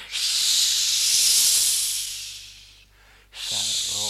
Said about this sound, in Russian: Гуси обступили Нильса и шипели ему в самое ухо.